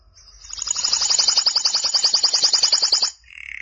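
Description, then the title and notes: Canary song: one rapid rolling trill that swells in and runs for about three seconds, ending with a soft buzzy note. "BM Suara Kenari. BM Suara Burung Kenari"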